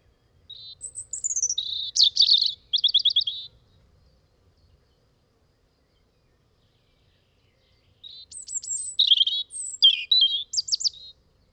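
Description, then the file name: European robin singing two separate high phrases of thin whistles, quick trills and tinkling notes, with a long silent pause between them. "rouge gorge"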